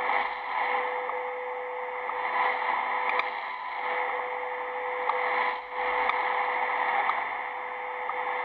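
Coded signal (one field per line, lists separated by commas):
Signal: radio time signal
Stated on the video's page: WWVH time signal beeps on 15,000 kHz AM, 10 kW transmitter in Hawaii, received about 9,800 km away on Akita R-568SOL portable with EWE antenna and 9:1 balun.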